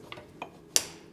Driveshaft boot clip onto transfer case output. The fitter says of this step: that's the sound that repair manual set we would get once this snaps into place